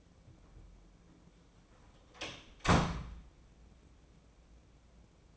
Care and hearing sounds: daily activity, microphone in the room; close door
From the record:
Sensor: 1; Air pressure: 1012.4 hPa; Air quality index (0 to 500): 162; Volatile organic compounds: 3 ppm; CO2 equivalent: 1333 ppm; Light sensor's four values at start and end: 923/1927/928/1037 and 927/1933/931/1040

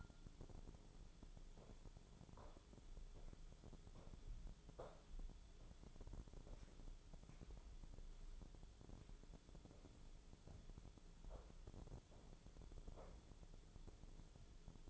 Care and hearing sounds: daily activity, microphone in the room; walk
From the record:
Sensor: 5

